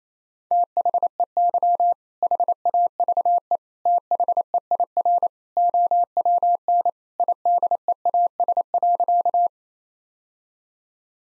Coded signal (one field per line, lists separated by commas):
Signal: Morse code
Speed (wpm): 28 wpm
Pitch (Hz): 700 Hz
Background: none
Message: THEY HAVE THEIR OWN IDEAS.